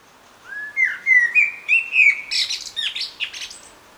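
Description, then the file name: Common blackbird song phrase: a series of low rich fluted notes rising gently, ending in a high scratchy twittering flourish. "Turdus merula"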